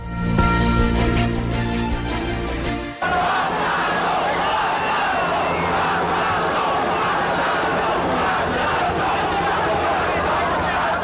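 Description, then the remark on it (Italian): A loud crowd shouts and roars continuously, a mix of angry yelling and jubilant cheering at the arrest of Cosa Nostra boss Bernardo Provenzano, following a brief opening of sustained tonal sound before the dense noise of many voices takes over. “Sentite le urla di rabbia e anche di contentezza, di soddisfazione nel momento in cui fu arrestato 10 anni fa Bernardo Provenzano, il capo dei capi di Cosa Nostra, il boss dei boss, come è stato definito.”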